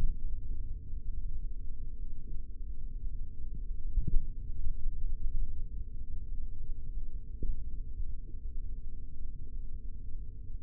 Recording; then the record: forearm muscle sounds (acoustic myography)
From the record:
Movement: finger pinch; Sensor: system 3, bracelet of six PUI Audio POM-2738L microphones around the upper forearm, with dedicated amplification and filtering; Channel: 4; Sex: male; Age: 43 years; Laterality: right